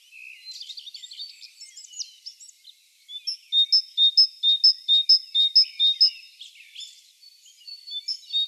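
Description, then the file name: Great tit song: after a faint scratchy twitter, a clear high two-note phrase repeats steadily about twice a second for several seconds, then fades into softer chatter. "Parus major"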